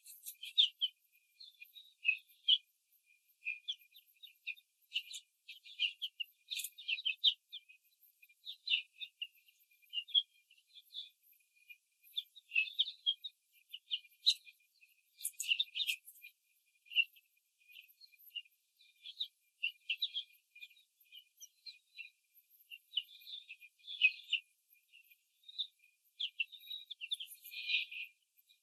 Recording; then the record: young laying hens in a cage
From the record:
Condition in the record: control cage, before the stress test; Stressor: none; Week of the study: 4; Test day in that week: 3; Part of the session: 3